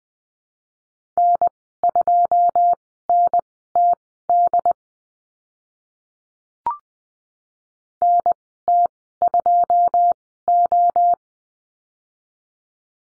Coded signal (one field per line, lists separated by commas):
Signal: Morse code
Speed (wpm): 20 wpm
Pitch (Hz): 700 Hz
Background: none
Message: N2NTD NT2O